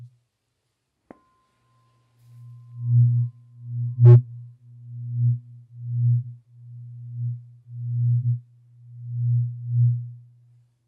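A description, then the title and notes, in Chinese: A light tap near the one-second mark leaves a thin, pure tuning-fork tone that fades over about two seconds. From around two seconds, a low singing-bowl hum swells and ebbs in slow, even waves to the end, with one sharp, bright strike at four seconds. 沉浸式音叉·水晶杯·颂钵。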